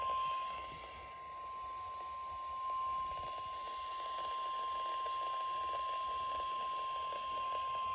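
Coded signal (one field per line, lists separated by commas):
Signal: Emergency Alert System (SAME) tones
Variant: 1050 Hz attention tone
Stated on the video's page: Required Weekly Tests received on home weather radios, some captured by security camera.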